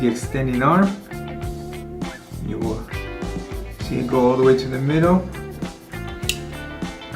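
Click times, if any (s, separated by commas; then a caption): 6.3 s. The extending arm of a Sugatsune ESR DC/SC4513 metal soft-close drawer slide is slid into the slide body while someone talks over background music. A sharp click at 6.3 s shows the arm has seated, meaning the other side of the slide has engaged.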